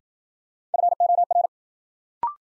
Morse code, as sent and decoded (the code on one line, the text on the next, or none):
..-. --- .-.
FOR